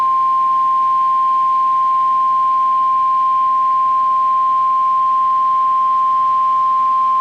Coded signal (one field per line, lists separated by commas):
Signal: Emergency Alert System (SAME) tones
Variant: 1050 Hz attention tone